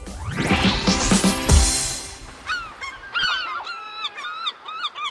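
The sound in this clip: Large gull calls, a series of loud, harsh, laughing notes repeated quickly, preceded by a rising whooshing noise.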